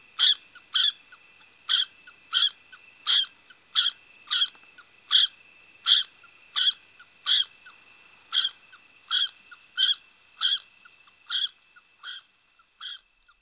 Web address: Loir-gris abc-de-la-nature